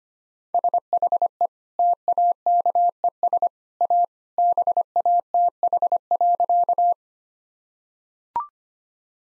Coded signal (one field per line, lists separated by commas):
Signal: Morse code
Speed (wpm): 25 wpm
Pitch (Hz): 700 Hz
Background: none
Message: SHE TAKES A BATH.